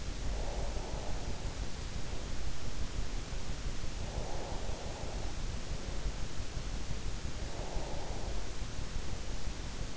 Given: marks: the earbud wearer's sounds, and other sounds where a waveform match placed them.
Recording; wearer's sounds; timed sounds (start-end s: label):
sounds in sleep by an in-ear microphone; breath
0.00-2.00 s: breath
3.87-6.01 s: breath
7.20-9.43 s: breath